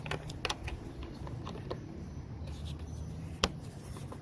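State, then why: Seated. The hose of a Hoover Spotless Portable Carpet and Upholstery Cleaner is pushed into the plastic holder clips at the bottom side of the machine, giving a sharp click at about 0.5 s over a low, steady background, with another sharp snap near 3.4 s. The hose is seated in its holder.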